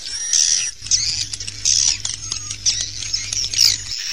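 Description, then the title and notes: Swiftlet chirping calls, high, thin twittering notes in uneven bursts, with a faint low hum running through most. Used for swiftlet farming in Asia. "Swiflet Bird Sound. Farming Swiflet Bird asia sound"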